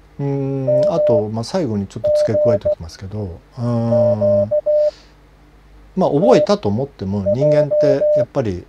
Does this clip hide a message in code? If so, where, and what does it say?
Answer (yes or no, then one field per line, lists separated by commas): yes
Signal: Morse code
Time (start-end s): 0.7-8.2 s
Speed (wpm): 16 wpm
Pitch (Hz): 600 Hz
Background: speech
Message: MG Q TJ